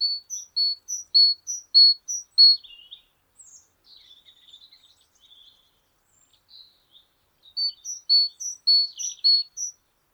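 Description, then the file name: Great tit song: a bright two-note phrase alternating high and lower whistles, repeated rapidly for about two seconds, then resuming after a quiet gap, with faint twittering between. "Parus major"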